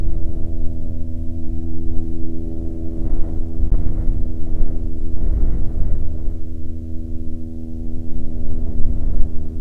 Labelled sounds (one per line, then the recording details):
wind
aircraft
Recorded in the Prudhoe Bay oil fields, Alaska, on 15 July 2021 at 13:32
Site 19